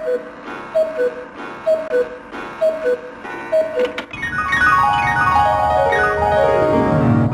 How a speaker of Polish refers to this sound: Szósty, ostatni długi sygnał oznacza, że minęła 17.